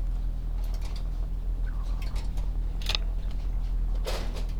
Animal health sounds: poultry house recording; sick chickens (respiratory disease)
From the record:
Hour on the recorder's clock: 16

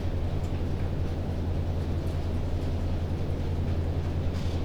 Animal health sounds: poultry house recording; no chicken sound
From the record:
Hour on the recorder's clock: 21

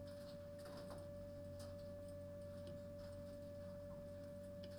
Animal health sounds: poultry house recording; no chicken sound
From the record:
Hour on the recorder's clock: 23

